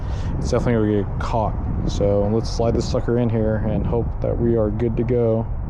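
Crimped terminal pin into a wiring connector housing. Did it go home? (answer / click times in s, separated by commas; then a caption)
no / none. A freshly crimped terminal pin, straightened after being bent so it won't get caught, is handled and slid toward the back of a plastic wiring connector housing while someone talks. Nothing has seated or clicked yet.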